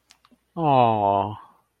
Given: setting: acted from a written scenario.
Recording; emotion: vocal sound without words; adoration